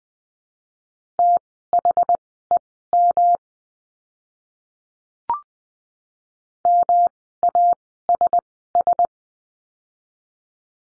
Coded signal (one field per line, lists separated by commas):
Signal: Morse code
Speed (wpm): 20 wpm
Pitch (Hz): 700 Hz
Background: none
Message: THEM MASS